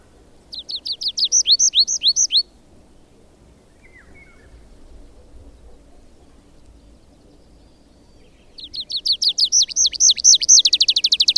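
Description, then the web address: Tree pipit song: a burst of rapid repeated high notes, a quiet gap, then a longer trilled phrase. "agykontroll Madardalok Cd 2. Erdei pityer"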